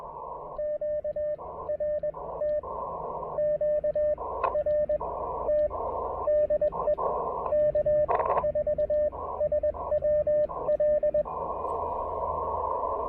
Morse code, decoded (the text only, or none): QRT QRT DE K4SWL